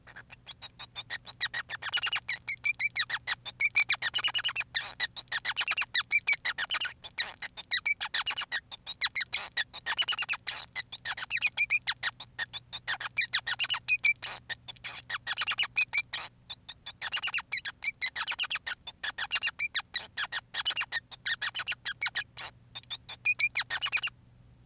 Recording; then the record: song of a male Bengalese finch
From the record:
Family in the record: son of father 5